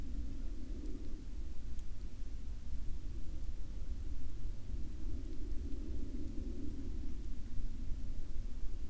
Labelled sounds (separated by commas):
rain, aircraft